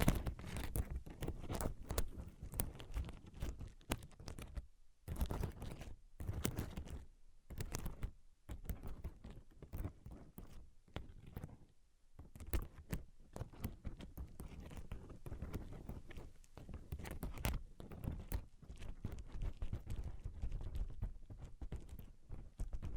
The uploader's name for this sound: Brain Penetrating 3D Tapping